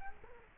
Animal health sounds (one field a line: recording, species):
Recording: mosquito wingbeat signal from an infrared sensor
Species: Culex quinquefasciatus